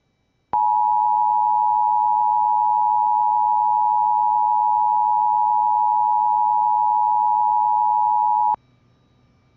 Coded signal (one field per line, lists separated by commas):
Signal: Emergency Alert System (SAME) tones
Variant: 853 and 960 Hz attention tone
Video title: FLASH FLOOD EMERGENCY FAIL FOR JEFFERSON, TX (EAS #10